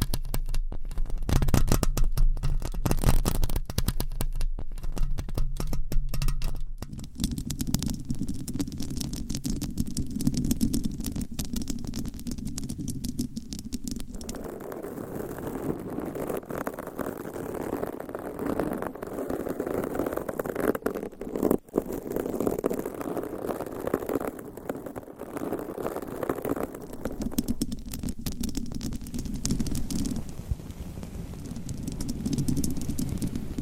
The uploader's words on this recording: ASMR Mic Scratching - Brain Scratching with 9 Mics & XXL ULTRA LONG NAILS No Talking.